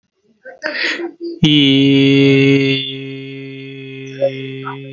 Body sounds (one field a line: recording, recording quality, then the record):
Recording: sustained vowel as in beet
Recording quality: excellent, no background noise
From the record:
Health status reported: healthy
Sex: male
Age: 20 years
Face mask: not worn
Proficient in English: yes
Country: India